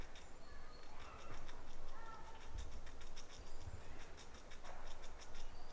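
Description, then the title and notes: Squirrel gnawing: a soft series of fine ticking clicks repeating unevenly throughout, over a constant low background rumble. Feeding while gnawing, in a forest in Germany. "Knabberndes Eichhörnchen. Munching Squirrel. Eichhörnchen in einem Wald in Deutschland . Squirrel in a forest in Germany "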